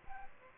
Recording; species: mosquito wingbeat signal from an infrared sensor; Aedes aegypti